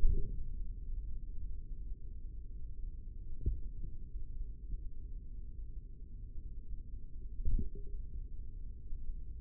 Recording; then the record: forearm muscle sounds (acoustic myography)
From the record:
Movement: tripod grip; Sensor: system 3, bracelet of six PUI Audio POM-2738L microphones around the upper forearm, with dedicated amplification and filtering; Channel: 5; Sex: male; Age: 25 years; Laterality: right